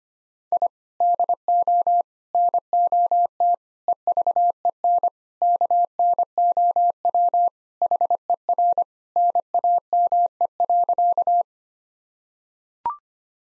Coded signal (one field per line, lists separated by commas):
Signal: Morse code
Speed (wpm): 25 wpm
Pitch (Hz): 700 Hz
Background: none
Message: I DO NOT EVEN KNOW HER NAME.